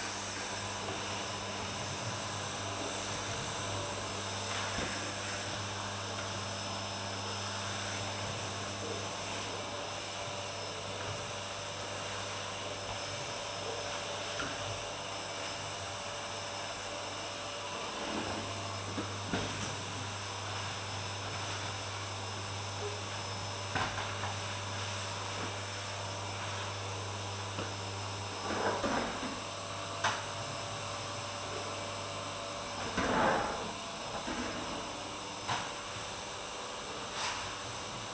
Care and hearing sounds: daily activity, microphone in the room; vacuum cleaning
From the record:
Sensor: 2

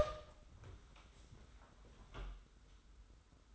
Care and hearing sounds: daily activity, microphone in the room; open door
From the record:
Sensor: 3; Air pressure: 991.6 hPa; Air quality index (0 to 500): 139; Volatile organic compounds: 280 ppm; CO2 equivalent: 4435 ppm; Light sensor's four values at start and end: 42/117/47/41 and 42/117/47/41

